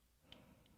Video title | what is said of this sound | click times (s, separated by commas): SDCC Exclusive S.H. Figuarts super saiyan 2 Goku Dragon Ball Z Figure Review | okay i heard the click | 0.3 s